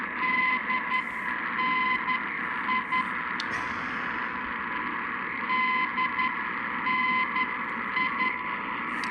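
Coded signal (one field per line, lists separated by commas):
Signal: Morse code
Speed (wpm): 11 wpm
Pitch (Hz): 1020 Hz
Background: radio noise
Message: DNI DNI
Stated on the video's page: Received on Elad Duo-R and Icom 9500 receivers in comparison.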